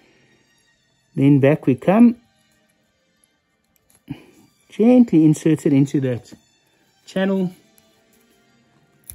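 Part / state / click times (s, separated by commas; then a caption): winding stem into watch movement / not seated / none. Someone talks while a metal watch winding stem, with a little oil on its front portion, is gently guided back through the case channel toward the watch movement. Faint light ticks come from the handling around 3.2–4.0 s, with a sharper tick at 9.1 s. The clip ends before the stem goes home, so nothing has seated or clicked into place yet.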